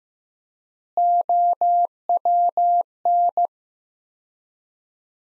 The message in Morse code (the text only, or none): OWN